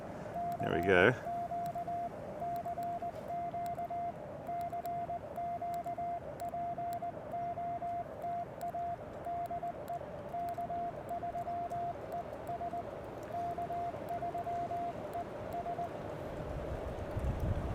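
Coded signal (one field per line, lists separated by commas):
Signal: Morse code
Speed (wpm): 19 wpm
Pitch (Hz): 690 Hz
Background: speech, radio noise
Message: CQ CQ CQ POTA DE K3ES K3ES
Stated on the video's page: QRP CW during a park activation, using an Elecraft K1 and a homebrew 29.5-foot end-fed random wire with a 17-foot counterpoise.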